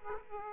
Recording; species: mosquito wingbeat signal from an infrared sensor; Aedes aegypti